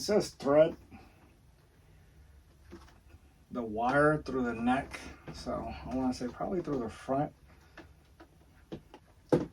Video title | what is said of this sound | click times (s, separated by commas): Spirit Halloween Night Terror Unboxing, Broken and Repaired! | Let's see if I can get them to snap in place. All right, so he's in there. | 9.3 s